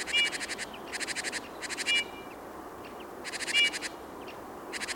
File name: Pyrrhula pyrrhula